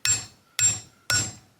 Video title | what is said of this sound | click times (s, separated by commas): How to paint some pretty Valvesprings (BTR 660 platinum kit installation ) | there, thud. You can hear the clunk. | 0.1 s, 0.6 s, 1.1 s